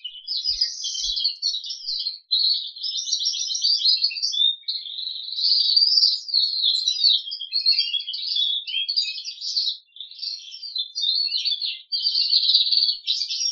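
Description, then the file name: Crested canary in a steady, almost unbroken warbling song of mixed chirps, rolls and buzzy trills. "audio kenari jambul"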